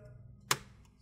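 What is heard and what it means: A pick worked along the side of an ASUS TUF FX505D laptop releases one of the plastic side clips holding the bottom cover to the chassis. A single sharp click pops out at 0.5 s against a low hum, followed by a much fainter tick, and the side clip comes open.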